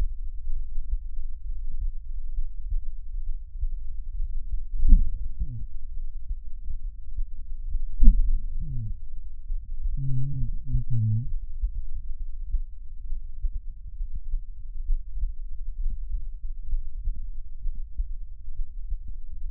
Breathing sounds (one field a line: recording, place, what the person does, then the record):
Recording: lung sounds by stethoscope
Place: left anterior apical chest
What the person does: quiet breathing, then cough and speech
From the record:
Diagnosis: COPD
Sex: male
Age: 57 years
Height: 165 cm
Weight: 85.7 kg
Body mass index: 31.5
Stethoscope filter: bell mode